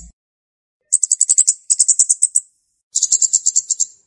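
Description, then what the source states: Flowerpecker song: three bursts of rapid, very high, clicking notes, separated by short pauses. Song used as a lure for trapping birds.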